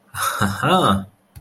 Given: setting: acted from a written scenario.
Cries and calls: vocal sound without words; amusement

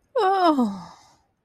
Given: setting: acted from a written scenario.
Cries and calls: vocal sound without words; ecstasy

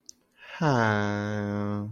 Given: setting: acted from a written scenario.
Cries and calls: vocal sound without words; sympathy

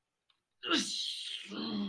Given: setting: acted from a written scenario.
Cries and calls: vocal sound without words; triumph

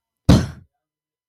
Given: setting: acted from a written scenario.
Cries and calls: vocal sound without words; contempt

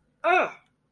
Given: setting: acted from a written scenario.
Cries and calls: vocal sound without words; pain

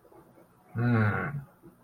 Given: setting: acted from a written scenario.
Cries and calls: vocal sound without words; desire

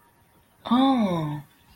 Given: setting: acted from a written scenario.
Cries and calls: vocal sound without words; realization

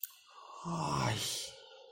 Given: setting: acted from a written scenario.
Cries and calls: vocal sound without words; guilt

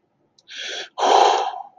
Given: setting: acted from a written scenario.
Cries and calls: vocal sound without words; triumph

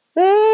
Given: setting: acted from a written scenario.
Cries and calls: vocal sound without words; negative surprise

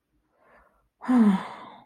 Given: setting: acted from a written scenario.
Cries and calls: vocal sound without words; disappointment

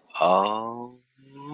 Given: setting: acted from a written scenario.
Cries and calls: vocal sound without words; desire

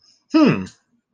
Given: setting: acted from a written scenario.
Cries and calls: vocal sound without words; realization

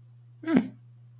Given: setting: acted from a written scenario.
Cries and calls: vocal sound without words; interest

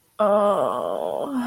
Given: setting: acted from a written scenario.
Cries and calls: vocal sound without words; distress

